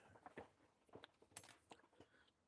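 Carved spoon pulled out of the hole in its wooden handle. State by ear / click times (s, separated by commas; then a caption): released / 1.4 s. A carved spoon whose epoxy joint failed is pulled out of the tight, almost airtight hole in its wooden handle or stick. A few soft handling taps and scrapes come before a small, sharp pop at 1.4 s as the spoon comes free. The spoon is released from the hole.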